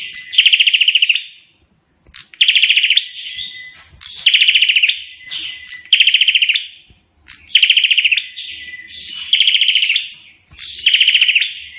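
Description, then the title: Prinia delivering repeated fast, stuttering bursts of clipped high notes, each followed by a thin buzzing trill, in a steady run of phrases. Indonesian name prenjak; described as gacor, singing persistently; song style called suara tembakan AK-47, AK-47 gunfire sound. "Burung Prenjak Gacor Suara Tembakan Ak-47"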